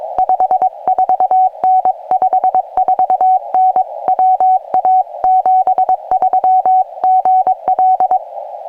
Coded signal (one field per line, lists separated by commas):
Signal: Morse code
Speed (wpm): 22 wpm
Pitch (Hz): 750 Hz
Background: none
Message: 54N 54N WA 73 GL